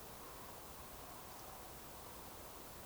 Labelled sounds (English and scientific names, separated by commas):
Eurasian Woodcock (Scolopax rusticola) whistle